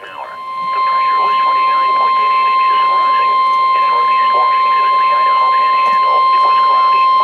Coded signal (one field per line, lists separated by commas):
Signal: Emergency Alert System (SAME) tones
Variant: 1050 Hz attention tone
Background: speech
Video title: EAS #145 - Severe Thunderstorm Warning